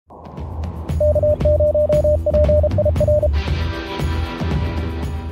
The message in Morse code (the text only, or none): K0PIR